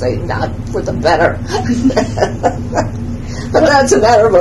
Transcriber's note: laughs